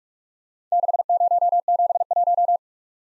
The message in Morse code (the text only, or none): 6071